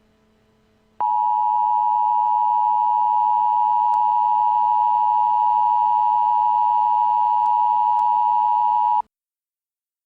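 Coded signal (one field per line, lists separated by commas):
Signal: Emergency Alert System (SAME) tones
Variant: 853 and 960 Hz attention tone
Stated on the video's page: Fictional emergency broadcast for a zombie-virus outbreak; a recreation, not real.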